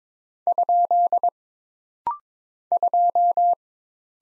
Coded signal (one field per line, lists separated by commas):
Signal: Morse code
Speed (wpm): 22 wpm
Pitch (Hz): 700 Hz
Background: none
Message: ? 2